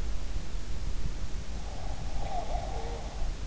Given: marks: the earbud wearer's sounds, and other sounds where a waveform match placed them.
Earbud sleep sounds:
sounds in sleep by an in-ear microphone; breath
2.02-3.39 s: breath

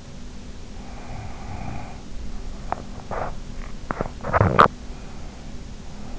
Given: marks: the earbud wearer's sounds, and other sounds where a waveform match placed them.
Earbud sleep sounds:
sounds in sleep by an in-ear microphone; breath, teeth grinding
0.69-2.10 s: breath
2.53-4.99 s: teeth grinding

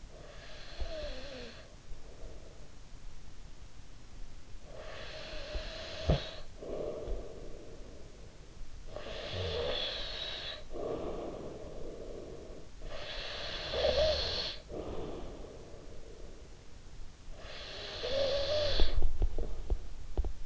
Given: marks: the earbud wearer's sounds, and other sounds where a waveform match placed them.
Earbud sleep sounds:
sounds in sleep by an in-ear microphone; breath, snoring breath, teeth grinding
0.00-3.51 s: breath
4.31-8.32 s: snoring breath
8.66-16.72 s: snoring breath
16.95-19.01 s: snoring breath
19.01-20.43 s: teeth grinding

